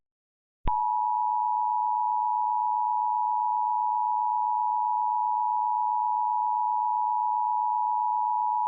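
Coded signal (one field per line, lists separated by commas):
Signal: Emergency Alert System (SAME) tones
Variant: 853 and 960 Hz attention tone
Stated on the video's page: Fictional EAS scenario combining three episodes into one.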